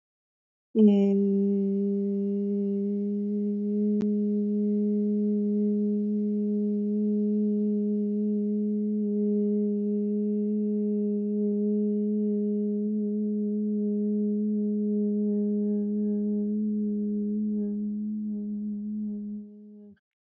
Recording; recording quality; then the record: sustained vowel as in made; excellent, no background noise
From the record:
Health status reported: healthy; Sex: female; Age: 19 years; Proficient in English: yes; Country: India